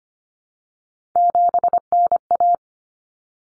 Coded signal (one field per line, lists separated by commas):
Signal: Morse code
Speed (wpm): 25 wpm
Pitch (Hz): 700 Hz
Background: none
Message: 7NA